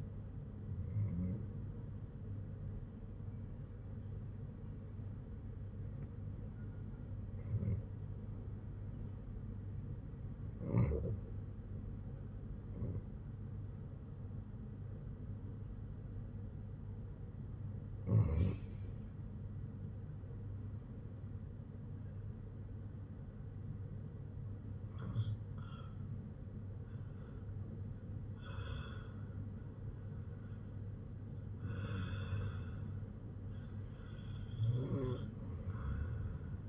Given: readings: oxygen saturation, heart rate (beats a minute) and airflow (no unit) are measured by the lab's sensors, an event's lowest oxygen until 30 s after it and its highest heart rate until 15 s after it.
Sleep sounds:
breathing in sleep by a smartphone at the bedside; 1
7.00-27.30 s: hypopnea (REM, oxygen 97% highest, then 86% lowest, heart rate 65 at the start, 78 highest)
From the record:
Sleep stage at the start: REM sleep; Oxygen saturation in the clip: 90 to 97%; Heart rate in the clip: 61 to 78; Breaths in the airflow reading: 9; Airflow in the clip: -6.2 to 6.2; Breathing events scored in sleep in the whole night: 182 in 7.4 hours asleep

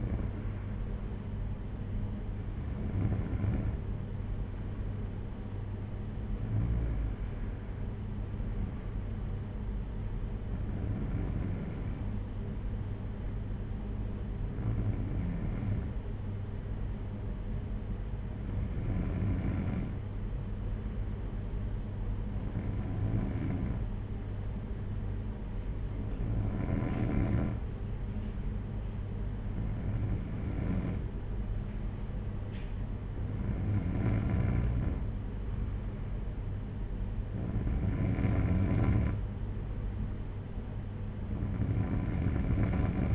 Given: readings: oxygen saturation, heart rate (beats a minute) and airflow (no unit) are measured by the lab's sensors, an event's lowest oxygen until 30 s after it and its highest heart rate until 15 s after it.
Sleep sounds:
breathing in sleep by a smartphone at the bedside; none
none scored
From the record:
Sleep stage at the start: N3 (deep sleep); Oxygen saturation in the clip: 93 to 94%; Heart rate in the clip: 56 to 62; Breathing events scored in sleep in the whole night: 226 in 8.8 hours asleep

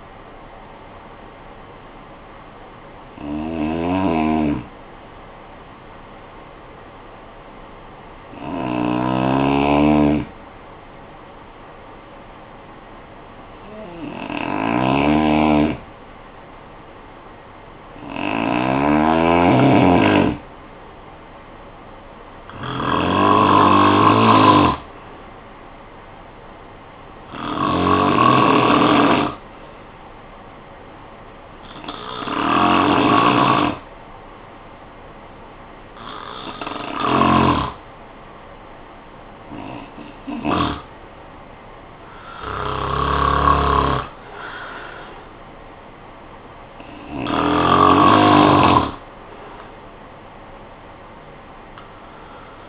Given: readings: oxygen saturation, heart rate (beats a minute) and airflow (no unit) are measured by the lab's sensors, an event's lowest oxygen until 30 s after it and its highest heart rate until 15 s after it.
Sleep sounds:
breathing in sleep by a voice recorder at the bedside; 1
6.00-18.00 s: hypopnea (N1, oxygen 94% highest, then 92% lowest, heart rate 48 at the start, 56 highest)
From the record:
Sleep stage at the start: N1 (lightest sleep); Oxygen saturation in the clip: 88 to 95%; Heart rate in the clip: 46 to 58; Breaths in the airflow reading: 11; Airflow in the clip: -10.3 to 6.5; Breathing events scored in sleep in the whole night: 445 in 7.6 hours asleep

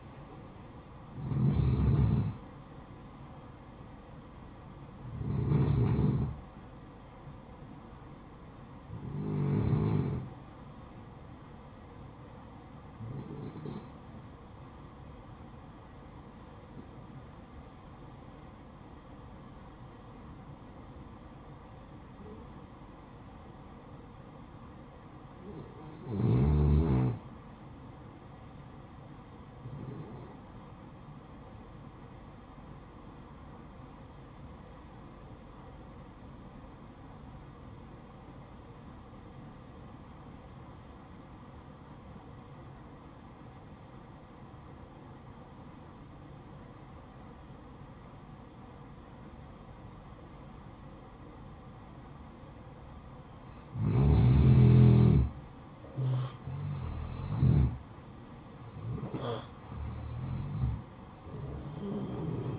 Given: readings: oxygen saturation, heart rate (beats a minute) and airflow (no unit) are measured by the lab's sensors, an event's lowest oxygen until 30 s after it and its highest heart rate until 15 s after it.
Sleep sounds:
breathing in sleep by a smartphone at the bedside; 1
15.00-45.00 s: new sleep stage, N2 (light sleep)
20.00-53.90 s: obstructive apnea (N2, oxygen 96% highest, then 87% lowest, heart rate 58 at the start, 67 highest)
45.00-62.59 s: new sleep stage, N1 (lightest sleep)
From the record:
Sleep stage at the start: N1 (lightest sleep); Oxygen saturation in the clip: 87 to 96%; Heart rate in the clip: 54 to 67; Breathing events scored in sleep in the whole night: 573 in 9.8 hours asleep

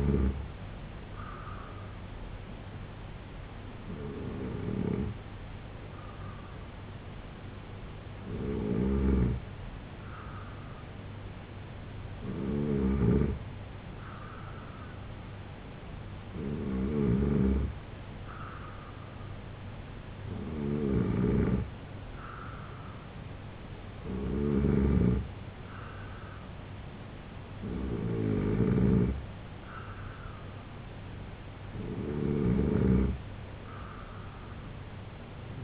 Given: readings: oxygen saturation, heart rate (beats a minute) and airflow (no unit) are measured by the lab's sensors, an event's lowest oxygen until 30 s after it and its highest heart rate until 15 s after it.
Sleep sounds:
breathing in sleep by a voice recorder at the bedside; 1
3.00-21.00 s: hypopnea (N2, oxygen 92% highest, then 88% lowest, heart rate 72 at the start, 81 highest)
From the record:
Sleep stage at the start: N2 (light sleep); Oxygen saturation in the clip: 88 to 92%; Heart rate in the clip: 70 to 81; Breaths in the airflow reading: 9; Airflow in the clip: -2.3 to 4.8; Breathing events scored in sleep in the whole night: 258 in 7.4 hours asleep

